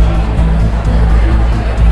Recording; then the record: background sound without coughing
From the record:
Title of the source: Party Noise 1 Hour Party Ambience